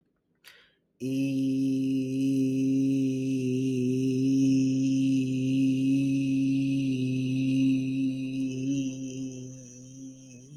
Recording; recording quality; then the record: sustained vowel as in beet; excellent, no background noise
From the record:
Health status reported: COVID-19 positive, mild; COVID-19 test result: positive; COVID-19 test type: RT-PCR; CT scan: not taken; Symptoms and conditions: cough, sore throat, fatigue, muscle pain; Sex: male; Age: 25 years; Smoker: no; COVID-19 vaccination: both doses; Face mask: not worn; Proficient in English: yes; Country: India